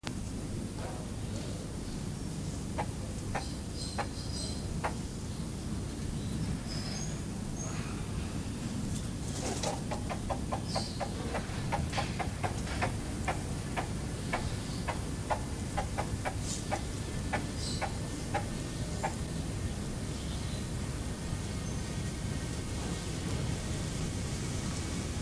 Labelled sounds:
Von Der Decken's Hornbill call
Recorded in captivity
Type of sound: call
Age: adult
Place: Zoo Berlin, Berlin, DE
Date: 2005-08-23 13:21
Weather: Regen, 17°C
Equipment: Panasonic RQ-2102, Sennheiser ME 80, Kopie Uher 4000 Report Monitor
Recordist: Tembrock, Günter
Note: Kurzlautfolge

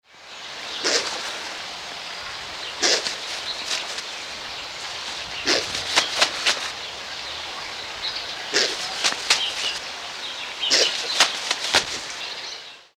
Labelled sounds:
Black Vulture
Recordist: Tembrock, Günter
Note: Laute beim Aufflug

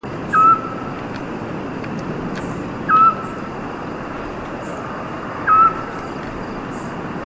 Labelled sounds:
Eurasian Scops Owl
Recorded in the wild
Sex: male
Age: adult
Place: Tiuccia, Corsica, FR
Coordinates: 42.0703, 8.73083
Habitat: urban place
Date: 2011-07-18 23:48
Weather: 20°C, clear, almost windless
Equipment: Fostex FR2-LE, Sennheiser ME66, Popschutz
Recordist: Frommolt, Karl-Heinz
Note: Campingplatz U Sommalu: Rufe einer Zwergohreule

